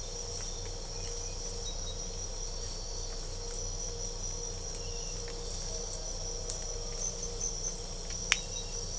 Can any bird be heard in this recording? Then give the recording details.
no. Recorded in pastures near Puerto Asís, Putumayo, Colombia, on 22 December 2024 at 04:00. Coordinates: 0.497, -76.327. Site G088